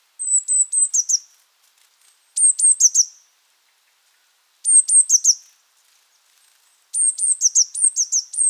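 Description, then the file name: Eurasian blue tit calling in very high, thin, down-slurred notes, given in quick bursts of several notes roughly every two seconds, with silence between. "Cyanistes caeruleus"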